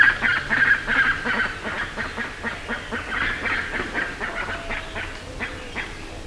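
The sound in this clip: Bird calls, a fast run of grating notes that grows fainter after the first few seconds, with a few thin whistled notes later.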